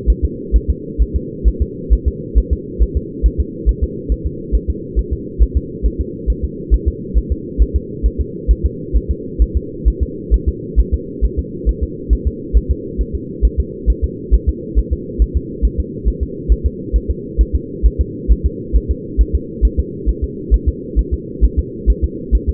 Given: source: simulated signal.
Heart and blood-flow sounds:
fetal heart sounds
0.10 s: S1
0.25 s: S2
0.56 s: S1
0.70 s: S2
1.02 s: S1
1.16 s: S2
1.48 s: S1
1.62 s: S2
1.93 s: S1
2.08 s: S2
2.38 s: S1
2.53 s: S2
2.82 s: S1
2.97 s: S2
3.26 s: S1
3.40 s: S2
3.69 s: S1
3.84 s: S2
4.12 s: S1
4.27 s: S2
4.55 s: S1
4.70 s: S2
4.99 s: S1
5.13 s: S2
5.42 s: S1
5.57 s: S2
5.86 s: S1
6.01 s: S2
6.30 s: S1
6.44 s: S2
6.74 s: S1
6.88 s: S2
7.18 s: S1
7.32 s: S2
7.62 s: S1
7.76 s: S2
8.06 s: S1
8.21 s: S2
8.51 s: S1
8.66 s: S2
8.96 s: S1
9.11 s: S2
9.42 s: S1
9.57 s: S2
9.88 s: S1
10.03 s: S2
10.34 s: S1
10.48 s: S2
10.80 s: S1
10.94 s: S2
11.25 s: S1
11.39 s: S2
11.69 s: S1
11.83 s: S2
12.13 s: S1
12.27 s: S2
12.57 s: S1
12.71 s: S2
13.01 s: S1
13.15 s: S2
13.45 s: S1
13.60 s: S2
13.90 s: S1
14.04 s: S2
14.34 s: S1
14.49 s: S2
14.79 s: S1
14.93 s: S2
15.22 s: S1
15.37 s: S2
15.65 s: S1
15.80 s: S2
16.08 s: S1
16.23 s: S2
16.52 s: S1
16.66 s: S2
16.96 s: S1
17.11 s: S2
17.41 s: S1
17.55 s: S2
17.86 s: S1
18.01 s: S2
18.31 s: S1
18.46 s: S2
18.76 s: S1
18.91 s: S2
19.21 s: S1
19.35 s: S2
19.65 s: S1
19.79 s: S2
20.09 s: S1
20.24 s: S2
20.54 s: S1
20.68 s: S2
20.99 s: S1
21.14 s: S2
21.44 s: S1
21.59 s: S2
21.90 s: S1
22.04 s: S2
22.35 s: S1
22.49 s: S2
From the record:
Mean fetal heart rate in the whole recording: 135 bpm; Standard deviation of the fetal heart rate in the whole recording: 3 bpm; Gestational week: 34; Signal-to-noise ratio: -4.1 dB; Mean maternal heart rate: no maternal heart sound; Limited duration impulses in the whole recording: absent

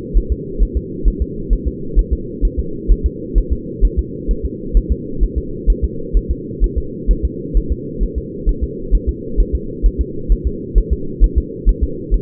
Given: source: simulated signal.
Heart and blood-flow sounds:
fetal heart sounds
0.17 s: S1
0.32 s: S2
0.63 s: S1
0.77 s: S2
1.08 s: S1
1.22 s: S2
1.53 s: S1
1.67 s: S2
1.99 s: S1
2.13 s: S2
2.45 s: S1
2.59 s: S2
2.91 s: S1
3.06 s: S2
3.38 s: S1
3.53 s: S2
3.85 s: S1
3.99 s: S2
4.31 s: S1
4.45 s: S2
4.77 s: S1
4.92 s: S2
5.23 s: S1
5.38 s: S2
5.70 s: S1
5.84 s: S2
6.17 s: S1
6.31 s: S2
6.64 s: S1
6.78 s: S2
7.11 s: S1
7.25 s: S2
7.57 s: S1
7.72 s: S2
8.03 s: S1
8.18 s: S2
8.49 s: S1
8.63 s: S2
8.95 s: S1
9.09 s: S2
9.40 s: S1
9.55 s: S2
9.86 s: S1
10.01 s: S2
10.32 s: S1
10.47 s: S2
10.78 s: S1
10.93 s: S2
11.24 s: S1
11.38 s: S2
11.69 s: S1
11.83 s: S2
12.14 s: S1
From the record:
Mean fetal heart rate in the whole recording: 130 bpm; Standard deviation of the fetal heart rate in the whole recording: 2 bpm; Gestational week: 36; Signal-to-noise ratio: -4.3 dB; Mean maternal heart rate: 72 bpm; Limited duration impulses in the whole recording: absent

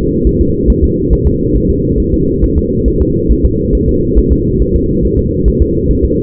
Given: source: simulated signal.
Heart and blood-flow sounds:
fetal heart sounds
0.27 s: S1
0.41 s: S2
0.70 s: S1
0.84 s: S2
1.13 s: S1
1.27 s: S2
1.56 s: S1
1.70 s: S2
2.00 s: S1
2.14 s: S2
2.44 s: S1
2.58 s: S2
2.88 s: S1
3.02 s: S2
3.31 s: S1
3.45 s: S2
3.75 s: S1
3.89 s: S2
4.18 s: S1
4.32 s: S2
4.62 s: S1
4.76 s: S2
5.05 s: S1
5.19 s: S2
5.48 s: S1
5.62 s: S2
5.91 s: S1
6.05 s: S2
From the record:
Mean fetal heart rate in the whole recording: 140 bpm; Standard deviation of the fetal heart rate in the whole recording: 2 bpm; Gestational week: 34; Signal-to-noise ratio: -14.7 dB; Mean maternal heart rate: 72 bpm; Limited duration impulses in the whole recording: present

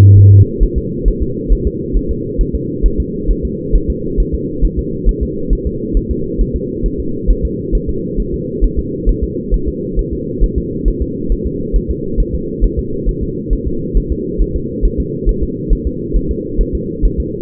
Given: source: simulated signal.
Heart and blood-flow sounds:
fetal heart sounds
0.18 s: S1
0.33 s: S2
0.63 s: S1
0.78 s: S2
1.08 s: S1
1.23 s: S2
1.52 s: S1
1.67 s: S2
1.97 s: S1
2.11 s: S2
2.41 s: S1
2.55 s: S2
2.86 s: S1
3.00 s: S2
3.30 s: S1
3.45 s: S2
3.76 s: S1
3.90 s: S2
4.20 s: S1
4.34 s: S2
4.65 s: S1
4.79 s: S2
5.09 s: S1
5.23 s: S2
5.53 s: S1
5.67 s: S2
5.97 s: S1
6.11 s: S2
6.41 s: S1
6.56 s: S2
6.86 s: S1
7.00 s: S2
7.30 s: S1
7.45 s: S2
7.75 s: S1
7.89 s: S2
8.20 s: S1
8.34 s: S2
8.64 s: S1
8.79 s: S2
9.09 s: S1
9.24 s: S2
9.54 s: S1
9.69 s: S2
9.99 s: S1
10.13 s: S2
10.44 s: S1
10.58 s: S2
10.88 s: S1
11.02 s: S2
11.32 s: S1
11.47 s: S2
11.76 s: S1
11.91 s: S2
12.20 s: S1
12.35 s: S2
12.64 s: S1
12.79 s: S2
13.09 s: S1
13.23 s: S2
13.53 s: S1
13.67 s: S2
13.97 s: S1
14.12 s: S2
14.41 s: S1
14.56 s: S2
14.85 s: S1
15.00 s: S2
15.29 s: S1
15.43 s: S2
15.73 s: S1
15.87 s: S2
16.16 s: S1
16.31 s: S2
16.61 s: S1
16.75 s: S2
17.05 s: S1
17.20 s: S2
From the record:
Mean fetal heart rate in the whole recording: 135 bpm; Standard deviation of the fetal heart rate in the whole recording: 3 bpm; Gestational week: 36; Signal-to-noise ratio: -6.6 dB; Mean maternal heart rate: 72 bpm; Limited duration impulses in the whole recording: present

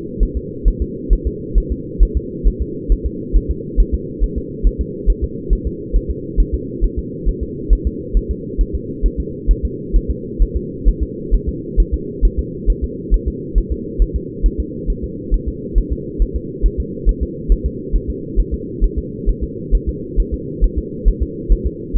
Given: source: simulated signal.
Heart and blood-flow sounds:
fetal heart sounds
0.23 s: S1
0.37 s: S2
0.68 s: S1
0.82 s: S2
1.13 s: S1
1.27 s: S2
1.58 s: S1
1.72 s: S2
2.03 s: S1
2.17 s: S2
2.47 s: S1
2.62 s: S2
2.92 s: S1
3.06 s: S2
3.36 s: S1
3.51 s: S2
3.80 s: S1
3.94 s: S2
4.24 s: S1
4.38 s: S2
4.67 s: S1
4.81 s: S2
5.10 s: S1
5.24 s: S2
5.53 s: S1
5.67 s: S2
5.96 s: S1
6.11 s: S2
6.40 s: S1
6.54 s: S2
6.84 s: S1
6.99 s: S2
7.29 s: S1
7.43 s: S2
7.73 s: S1
7.87 s: S2
8.17 s: S1
8.31 s: S2
8.61 s: S1
8.75 s: S2
9.06 s: S1
9.20 s: S2
9.51 s: S1
9.65 s: S2
9.96 s: S1
10.11 s: S2
10.42 s: S1
10.57 s: S2
10.88 s: S1
11.03 s: S2
11.34 s: S1
11.49 s: S2
11.80 s: S1
11.94 s: S2
12.25 s: S1
12.39 s: S2
12.70 s: S1
12.84 s: S2
13.14 s: S1
13.28 s: S2
13.58 s: S1
13.72 s: S2
14.02 s: S1
14.16 s: S2
14.46 s: S1
14.60 s: S2
14.90 s: S1
15.04 s: S2
15.34 s: S1
15.48 s: S2
15.78 s: S1
15.92 s: S2
16.22 s: S1
16.36 s: S2
16.66 s: S1
16.80 s: S2
17.09 s: S1
17.23 s: S2
17.52 s: S1
17.66 s: S2
17.95 s: S1
18.10 s: S2
18.39 s: S1
18.54 s: S2
18.84 s: S1
18.98 s: S2
19.29 s: S1
19.44 s: S2
19.75 s: S1
19.89 s: S2
20.20 s: S1
20.34 s: S2
20.64 s: S1
20.78 s: S2
21.08 s: S1
21.22 s: S2
21.52 s: S1
21.66 s: S2
21.97 s: S1
From the record:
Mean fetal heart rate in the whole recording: 135 bpm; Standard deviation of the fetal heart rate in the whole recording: 3 bpm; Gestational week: 36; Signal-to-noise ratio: -4.1 dB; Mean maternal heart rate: no maternal heart sound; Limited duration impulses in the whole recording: absent

